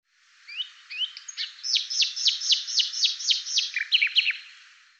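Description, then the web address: Bird song: a brief twittering start, a steady run of about ten sharp descending notes, then a quick tumbling flourish of chirps. "cianscape birddata Deverinetal 2025"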